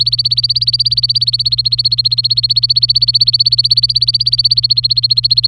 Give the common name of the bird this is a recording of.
Domestic Canary